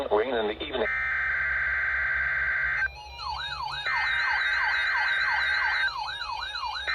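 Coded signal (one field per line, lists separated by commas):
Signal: Emergency Alert System (SAME) tones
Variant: header bursts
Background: speech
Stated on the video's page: NOAA Weather Radio Required Weekly Test broadcast from the Milwaukee transmitter.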